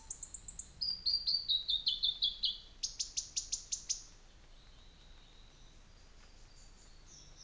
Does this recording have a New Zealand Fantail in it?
no